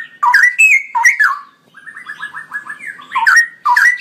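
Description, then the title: Straw-headed bulbul song: loud, rich whistled phrases with bubbling warbles and gliding notes, broken by a softer run of quick rippling notes midway. Male singing persistently with a loud voice and long rolling phrases; masteran recording for training other birds. "GILEEE Cucak ROWO Jantan GACOR Suara Lantang ROoo EL Panjang"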